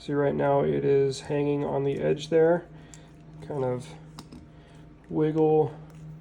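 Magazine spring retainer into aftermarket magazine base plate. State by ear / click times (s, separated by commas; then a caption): not seated / none. Someone talks while handling a limited-capacity 10/15-round magazine fitted with a new aftermarket polymer base plate, with the magazine spring and its retainer still hanging on the edge of the plate. Faint handling ticks are heard at about 4.2 s and 4.3 s as the magazine is wiggled and flexed. Nothing has seated or clicked into place yet.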